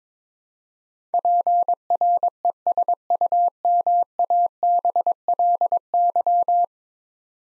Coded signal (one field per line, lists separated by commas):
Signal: Morse code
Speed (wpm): 22 wpm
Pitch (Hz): 700 Hz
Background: none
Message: PRESUMABLY